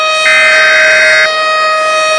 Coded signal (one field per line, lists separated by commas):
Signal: Emergency Alert System (SAME) tones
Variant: header bursts